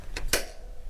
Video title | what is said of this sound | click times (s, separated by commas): Nauticam Olympus OM-D E-M1 Mark II Housing Review | get a nice loud click so you know it's locked in place | 0.3 s